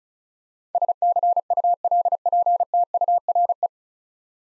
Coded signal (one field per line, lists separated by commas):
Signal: Morse code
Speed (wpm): 36 wpm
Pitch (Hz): 700 Hz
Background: none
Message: SCULPTURE